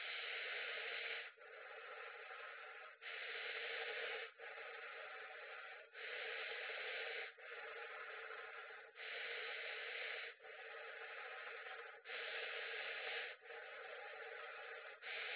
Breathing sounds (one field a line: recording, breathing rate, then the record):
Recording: paced breathing near a phone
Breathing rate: 20 breaths a minute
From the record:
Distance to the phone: 20 cm